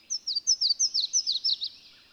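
Bird song: a fast, steady series of bright, high notes, each dipping in pitch, then a short fading tail.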